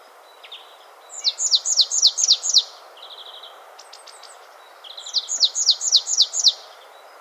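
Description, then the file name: Marsh tit repeating high, rapid down-slurred notes in two bursts, separated by brief buzzy trills and a cluster of clicks, against a continuous background hiss. "Poecile palustris"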